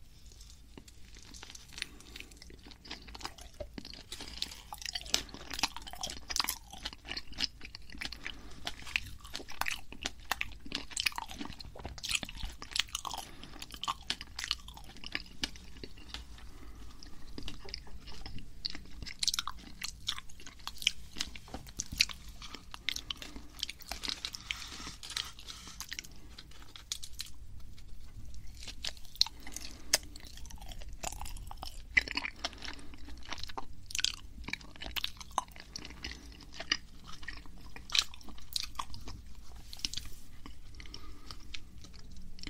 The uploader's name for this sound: mochi eating sound